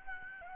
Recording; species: mosquito wingbeat signal from an infrared sensor; Aedes albopictus